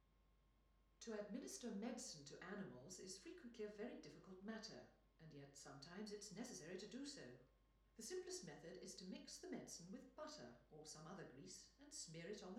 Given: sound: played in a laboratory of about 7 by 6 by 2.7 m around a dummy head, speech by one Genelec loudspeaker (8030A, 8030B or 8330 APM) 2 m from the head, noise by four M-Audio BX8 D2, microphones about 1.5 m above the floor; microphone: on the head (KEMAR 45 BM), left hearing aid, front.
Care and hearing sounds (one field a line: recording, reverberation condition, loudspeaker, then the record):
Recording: female speech in English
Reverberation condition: medium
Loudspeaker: in front (0 degrees)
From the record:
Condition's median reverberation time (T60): about 510 ms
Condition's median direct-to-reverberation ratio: about -0.5 dB